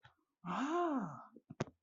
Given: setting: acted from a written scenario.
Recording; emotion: vocal sound without words; realization